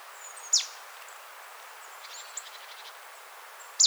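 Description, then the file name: Marsh tit giving two sharp, downward-sweeping call notes near the start and end, with faint high twittering between them and steady background hiss. "Poecile palustris"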